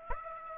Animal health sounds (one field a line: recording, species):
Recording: mosquito wingbeat signal from an infrared sensor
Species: Aedes aegypti